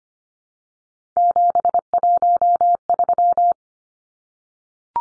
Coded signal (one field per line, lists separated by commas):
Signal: Morse code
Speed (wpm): 25 wpm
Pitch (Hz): 700 Hz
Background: none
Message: 713